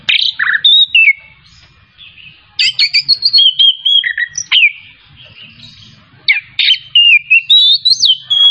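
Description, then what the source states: Oriental magpie-robin singing bright whistled notes and rising slurs in short bursts, separated by two brief quiet gaps, with a faint hum behind. Kacer Tretes variety, singing vigorously in the gacor style.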